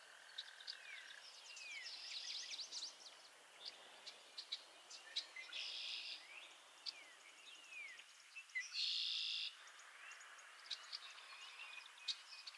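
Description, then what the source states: Frog chorus with upswept peeps and a few loud buzzy bursts. Chorus of frogs crooning to one another on a summer evening, Miners Marsh, Annapolis Valley, Nova Scotia.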